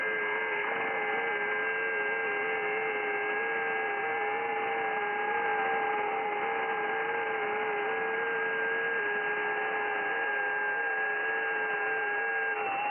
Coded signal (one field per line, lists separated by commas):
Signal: FT8